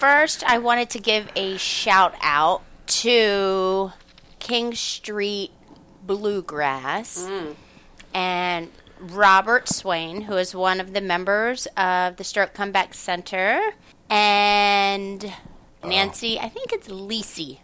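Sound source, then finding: Adult woman speaking. Normal speech.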